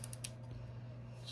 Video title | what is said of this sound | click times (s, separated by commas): LEUPOLD VX-3HD 3.5-10x50 OVERVIEW AND MOUNT | go back to zero locks into place no more knocking it around in the brush | 0.2 s